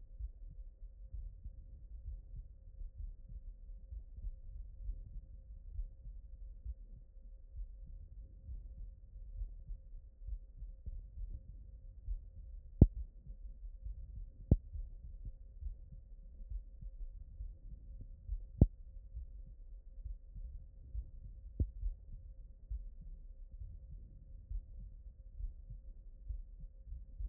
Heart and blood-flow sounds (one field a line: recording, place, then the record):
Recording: heart sounds by stethoscope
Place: aortic valve (AV)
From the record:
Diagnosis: non-HFrEF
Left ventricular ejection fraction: 66%